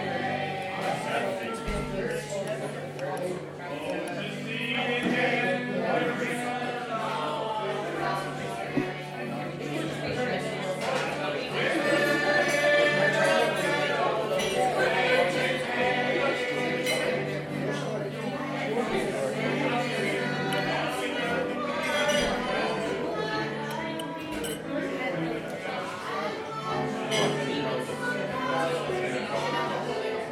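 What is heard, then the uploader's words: An Irish sing-along at Tigh Ruairi, with many voices singing together at a steady, full level for the whole half minute. A low held note runs underneath until about twenty seconds in, while glass clinks and crowd chatter mix into the singing. Irish Sing Along at Tigh Ruairi, Inis Oirr, Ireland. Tigh Ruairi (Rory's Pub) Bed & Breakfast, Inis Oirr, Aran Islands Inis Oírr, Aran Islands, Co Galway, Ireland.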